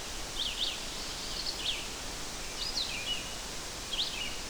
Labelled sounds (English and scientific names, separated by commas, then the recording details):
Red-eyed Vireo (Vireo olivaceus) song
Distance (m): 30 m
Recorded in boreal forest in Alberta, Canada, on 12 June 2016 at 05:45
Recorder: SongMeter 3, array SBT-3-18
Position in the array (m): 232 m, 100 m